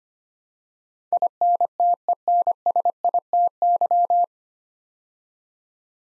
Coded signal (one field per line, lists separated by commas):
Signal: Morse code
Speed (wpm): 25 wpm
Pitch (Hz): 700 Hz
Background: none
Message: INTENSITY